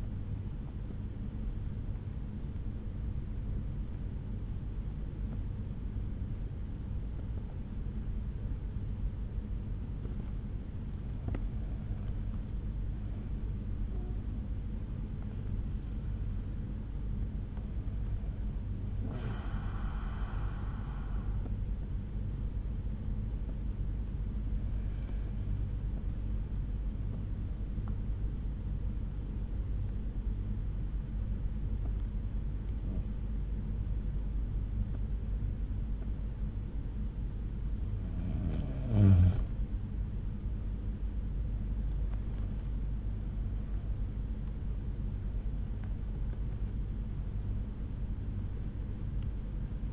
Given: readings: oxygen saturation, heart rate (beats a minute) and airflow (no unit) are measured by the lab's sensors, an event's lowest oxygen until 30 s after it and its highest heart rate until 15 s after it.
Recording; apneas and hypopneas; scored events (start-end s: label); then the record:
breathing in sleep by a smartphone at the bedside; 1
2.00-49.93 s: new sleep stage, N1 (lightest sleep)
7.00-38.80 s: hypopnea (N1, oxygen 96% highest, then 89% lowest, heart rate 79 at the start, 79 highest)
From the record:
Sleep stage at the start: N2 (light sleep); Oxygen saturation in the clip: 91 to 96%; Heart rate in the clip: 60 to 81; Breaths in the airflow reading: 9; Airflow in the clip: -8.1 to 7.6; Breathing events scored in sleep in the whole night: 368 in 8.0 hours asleep